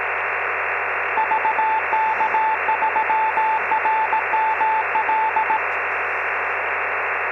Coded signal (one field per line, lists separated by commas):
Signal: Morse code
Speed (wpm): 17 wpm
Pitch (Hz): 880 Hz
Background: radio noise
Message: VK3RML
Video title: Melbourne Easypal 15 July 2021